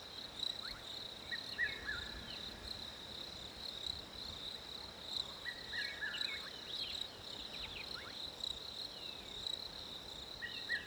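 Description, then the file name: Cricket trilling unbroken at a high pitch while birds add brief whistled notes and a couple of level, drawn-out whistles. Winter ambience with crickets and birds. "fresh winter crickets birds"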